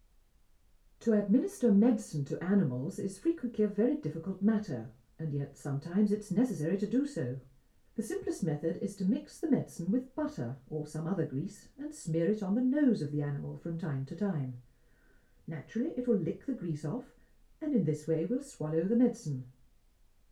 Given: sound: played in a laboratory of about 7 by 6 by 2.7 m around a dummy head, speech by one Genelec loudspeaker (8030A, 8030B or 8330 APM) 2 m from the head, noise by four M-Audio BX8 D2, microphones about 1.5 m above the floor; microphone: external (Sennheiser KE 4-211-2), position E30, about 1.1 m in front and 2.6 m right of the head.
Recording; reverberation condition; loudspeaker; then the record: female speech in English; low; 60 degrees to the right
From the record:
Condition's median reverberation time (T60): about 310 ms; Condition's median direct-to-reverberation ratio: about 3.5 dB